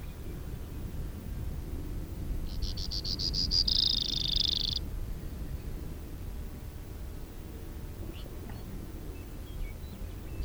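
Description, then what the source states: Brewer's sparrow song: a high trill that opens with separate quick pulses and runs into a fast buzzy rattle for about two seconds, over low background rumble. Recorded on cassette as part of an LNS course.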